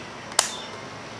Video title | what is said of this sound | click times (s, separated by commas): SAMCOM T2 GMRS Radios - Initial Review and Test | locks in place | 0.4 s